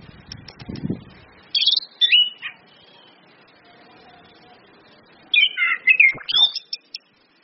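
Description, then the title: Orange-headed thrush song: a short burst of sliding whistled notes, a pause, then a longer run of varied whistles and chirps, with a brief low rustle at the start. Indonesian bird-training recording of Orange-headed thrush song, including female whistles, meant to make birds sing actively. "PANCINGAN anis kembang ngeplong dan SUITAN BETINA"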